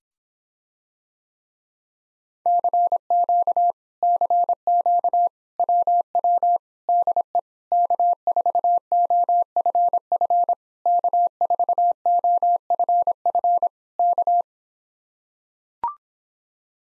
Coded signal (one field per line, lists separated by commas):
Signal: Morse code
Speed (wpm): 26 wpm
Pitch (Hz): 700 Hz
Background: none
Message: CQ CQ WW DE K4OFF K4OFF K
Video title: Common QSO Phrases Speed-Racing - 17wpm